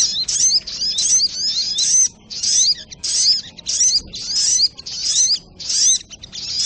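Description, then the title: Spiderhunter song: dense, shrill trills and chirps repeated in rapid bursts with short pauses between them. Training recording (masteran) of a sogok ontong bird singing in the labaik style. "Masteran Burung Sogok Ontong Labaik"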